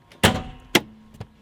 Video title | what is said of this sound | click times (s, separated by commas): Jump Starting Your Car with Jumper Cables: For Beginners | and you'll hear it click and that has released the latch. | 0.8 s